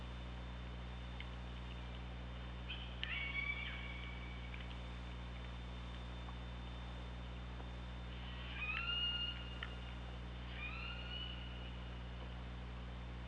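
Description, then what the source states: Orca calls in three separate bouts, each a sliding tonal squeal with a lower pulsed tone, spaced several seconds apart over steady underwater hum. Underwater hydrophone recording from OrcaLab, 24 August 2017, around 15:17.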